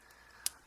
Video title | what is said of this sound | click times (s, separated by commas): Ultra-Act Gridman Toy Review | even though, but it pops right in, but still. | 0.5 s